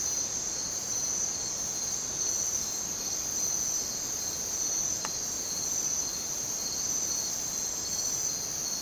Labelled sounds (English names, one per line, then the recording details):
none
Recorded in dense forest near Puerto Asís, Putumayo, Colombia, on 27 June 2025 at 04:30
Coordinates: 0.484, -76.317
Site G045